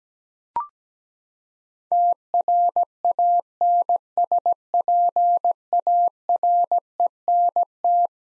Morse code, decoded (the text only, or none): TRANSPARENT